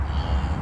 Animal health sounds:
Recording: contact call of a hoofed animal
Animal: cattle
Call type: low-frequency (closed-mouth) or high-frequency (open-mouth) call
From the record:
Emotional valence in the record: negative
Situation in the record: full separation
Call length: 0.62 s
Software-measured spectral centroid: 1830 Hz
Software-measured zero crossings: 660 a second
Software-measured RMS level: -24 dBFS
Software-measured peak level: -13 dBFS

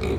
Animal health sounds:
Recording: contact call of a hoofed animal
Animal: pig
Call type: closed-mouth grunt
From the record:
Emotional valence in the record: positive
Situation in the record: food and toys in familiar pen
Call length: 0.19 s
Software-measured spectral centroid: 1860 Hz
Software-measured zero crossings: 960 a second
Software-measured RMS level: -25 dBFS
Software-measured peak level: -17 dBFS

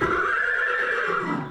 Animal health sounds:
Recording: contact call of a hoofed animal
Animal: horse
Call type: whinny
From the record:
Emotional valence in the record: positive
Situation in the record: reunion with the whole group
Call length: 1.51 s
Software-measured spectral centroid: 1620 Hz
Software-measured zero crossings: 2590 a second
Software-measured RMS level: -24 dBFS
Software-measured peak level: -12 dBFS

